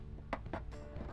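The plastic center pin of a push-type rivet holding the fender liner on an ND Miata is pressed home with a sharp snap at 0.3 s, followed by a softer knock around 0.5 s. The pin is seated and the fastener is locked.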